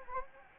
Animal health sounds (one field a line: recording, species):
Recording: mosquito wingbeat signal from an infrared sensor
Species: Anopheles gambiae